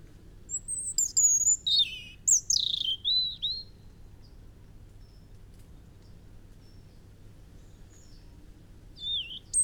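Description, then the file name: European robin song: two tumbling phrases of high whistles and slurred falling notes, a long quiet gap, then another short high phrase. "Erithacus rubecula"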